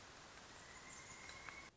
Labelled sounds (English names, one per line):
Pileated Woodpecker